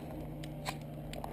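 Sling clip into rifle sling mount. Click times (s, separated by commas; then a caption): 1.2 s. The quick-connect clip of a Magpul MF2 sling is snapped into its attachment point on a replica rifle to switch the sling from one-point to two-point configuration. Over a steady low hum, a few sharp, brief clicks sound near 0.4 s and 1.1 s. The clip locks in place with a crisp click at 1.2 s.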